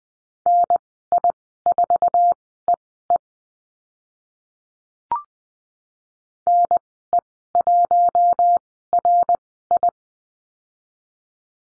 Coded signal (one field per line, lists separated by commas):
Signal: Morse code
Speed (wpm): 20 wpm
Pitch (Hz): 700 Hz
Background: none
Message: NI4EE NE1RI